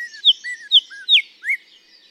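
Northern Cardinal whistles: four or five clear slurred notes, some sweeping down and others rising, delivered in a short unhurried phrase.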